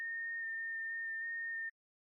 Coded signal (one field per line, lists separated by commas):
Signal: FT8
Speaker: Let's see if we can uh try to get Kilo 3 November Oscar Quebec. Also in Texas.